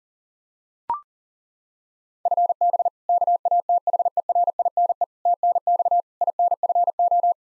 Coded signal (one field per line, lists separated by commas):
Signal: Morse code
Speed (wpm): 40 wpm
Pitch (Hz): 700 Hz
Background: none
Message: FB KATHERINE TNX INFO